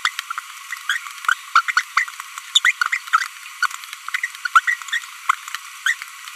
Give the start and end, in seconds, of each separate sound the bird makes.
0.05-0.08, 0.90-0.97, 1.55-1.61, 1.68-1.71, 1.77-1.81, 1.97-2.04, 2.56-2.59, 2.65-2.71, 2.92-2.97, 3.13-3.27, 3.63-3.66, 4.24-4.26, 4.55-4.59, 4.67-4.74, 5.86-5.93